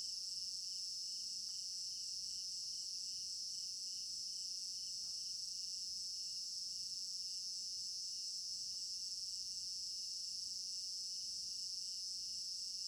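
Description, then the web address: Crickets in a dense chorus, a steady shrill high trill with a fainter pulsing band below and occasional soft clicks. Crickets in an African village garden at night; stereo binaural recording. "African-Village Garden Night Crickets Stereo-Binaural. immersive sound library"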